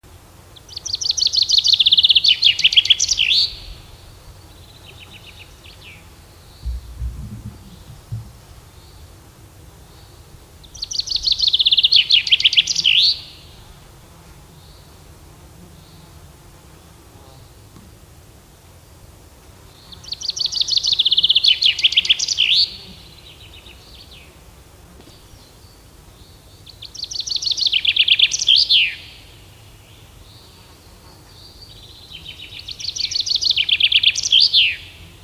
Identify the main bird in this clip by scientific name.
Fringilla coelebs